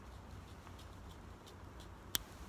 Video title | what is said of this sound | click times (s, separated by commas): NEW CRKT Prequel & Squid In D2: Everyday Carry & Utility Knives - Lucas Burnley Designs | there's the click and then you just flip this switch here in the front | 2.2 s